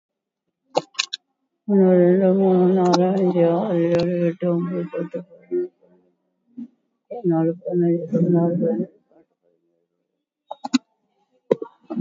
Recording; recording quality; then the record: counting at a fast pace; poor, much background noise or distortion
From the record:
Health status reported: COVID-19 positive, moderate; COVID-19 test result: positive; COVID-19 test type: RT-PCR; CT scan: not taken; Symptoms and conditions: cough, cold, sore throat, fatigue, loss of smell and taste, diabetes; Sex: female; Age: 58 years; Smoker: no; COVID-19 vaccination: none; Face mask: worn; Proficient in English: yes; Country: India